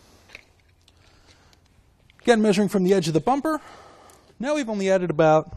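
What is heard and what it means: A Kuat NV 2.0 two-bike hitch rack on a 2011 Subaru Forester is folded up into its storage position by pulling the release tab and pushing it up. The metal fold-up latch on the rack mast clicks into place at 0.4 s. A few faint knocks follow before a man talks.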